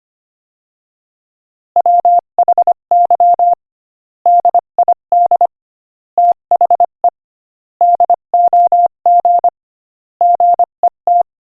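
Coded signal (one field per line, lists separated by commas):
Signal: Morse code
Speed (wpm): 25 wpm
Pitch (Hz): 700 Hz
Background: none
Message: WHY DID THE DOG GET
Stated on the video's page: Morse code practice at 25 wpm sending a joke.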